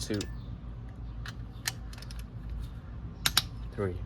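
A click-type torque wrench re-checks the third head bolt on a D16 cylinder head while someone talks briefly at the start and end. Faint ratcheting ticks lead up to a loud double click at 3.3 s and 3.4 s, confirming the bolt passes the torque check.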